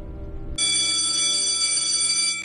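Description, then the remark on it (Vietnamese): A mobile phone rings with a call from an unknown number, a bright, sustained electronic tone rich in high harmonics, starting abruptly after a low rumble and holding steady at a loud, even level before cutting off. “Ngọc giật mình ngó lên điện thoại. Là một số lạ.”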